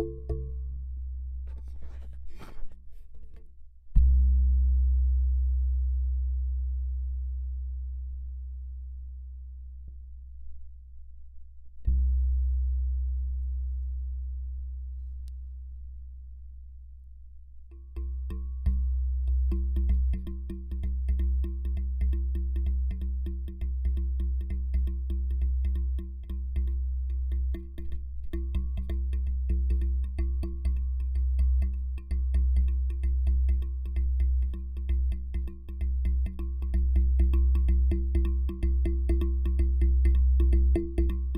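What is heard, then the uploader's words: A deep metallic drone sits low and heavy, swelling with a hard strike near 4 seconds and again near 12, each time slowly fading. From about 18 seconds a denser, rattling layer joins with steady mid tones and fine crackling above, holding to the end. Contact Mic - Random Metal drone. Just using a barcus-berry on some piece of metal. A nice low-end drone sound!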